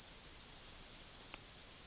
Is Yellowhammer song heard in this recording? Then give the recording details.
yes. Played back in forest. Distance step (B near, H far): B. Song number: 015